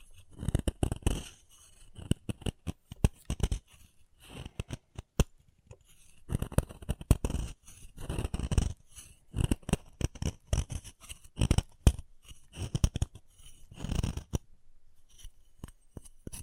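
Chalk being carved and cut, heard as bursts of dry scraping and crisp clicks. The strokes come in irregular clusters with short pauses between, some sharp snaps standing out near the middle and end. A gritty, bright edge runs through each scrape.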